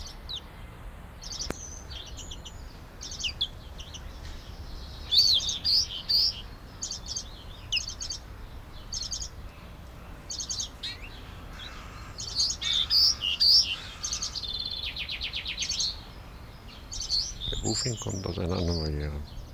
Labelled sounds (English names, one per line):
Common Redpoll